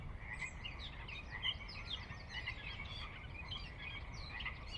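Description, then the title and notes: Pacific chorus frogs in an overlapping chorus of croaks, one louder call standing out briefly, over low continuous rumble. Chorus on the valley floor of Sinlahekin Valley, Sinlahekin Wildlife Area, Washington, a glacier-dug trench near the Cascades' northeastern slope; recorded at dusk; frogs described as ever-present. "Sinlahekin Valley dusk. the ever-present Pacific Chorus Frogs that are a fixture of the Northwest Soundscape"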